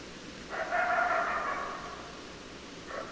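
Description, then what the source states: Coyote howl: a single drawn-out call of about a second and a half with a steady pitch, then the start of another at the end, over soft hiss. Several coyotes, recorded 10 December 2012.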